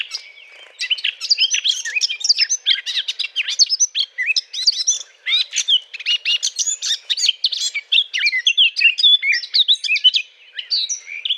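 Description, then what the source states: Eurasian blackcap song, a continuous rapid warble of varied chattering and twittering notes that hardly pauses across the whole stretch. Courtship song.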